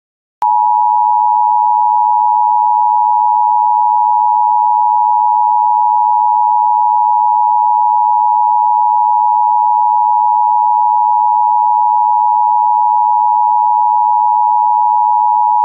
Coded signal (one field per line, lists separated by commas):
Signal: Emergency Alert System (SAME) tones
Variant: 853 and 960 Hz attention tone